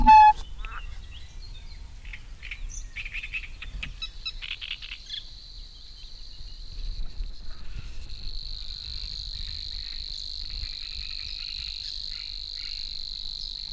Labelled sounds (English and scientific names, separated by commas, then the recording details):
Great Reed Warbler (Acrocephalus arundinaceus)
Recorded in the wild
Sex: male
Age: adult
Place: Seddinsee, Berlin, DE
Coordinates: 52.38, 13.68
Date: 1989-05-19
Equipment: Uher 4400 Report Monitor, Sennheiser ME 80, K 30 AV
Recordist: Fischer, Stefan